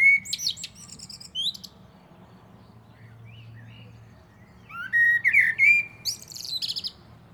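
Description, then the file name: Common blackbird song: a twittery phrase ending, a pause with a few soft notes, then a fresh phrase of fluty warbling topped by squeaky high notes. "Turdus merula"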